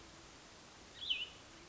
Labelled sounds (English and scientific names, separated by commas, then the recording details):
Cassin's Vireo (Vireo cassinii)
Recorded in Sonoma County, California